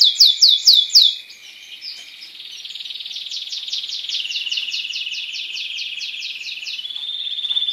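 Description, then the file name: Spanish timbrado canary singing: a quick series of sharp descending notes, a softer passage, then a long rapidly repeated rolling trill shifting lower and ending on a steady tone. "canto do canario raca espanhola"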